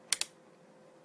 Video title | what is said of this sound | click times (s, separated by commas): Installing the Memory and Hard Drive into the Zotac ZBOXHD-ID40 | just gonna push down until it snaps into place yeah | 0.1 s, 0.2 s